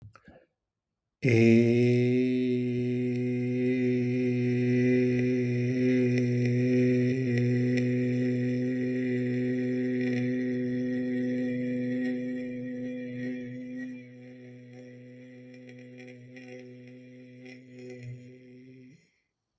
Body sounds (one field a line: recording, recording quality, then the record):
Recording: sustained vowel as in made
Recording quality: excellent, no background noise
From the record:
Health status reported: exposed to COVID-19, no respiratory illness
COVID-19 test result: negative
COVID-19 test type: RT-PCR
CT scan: not taken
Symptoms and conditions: fatigue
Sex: male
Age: 43 years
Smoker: no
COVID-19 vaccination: both doses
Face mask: not worn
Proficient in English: yes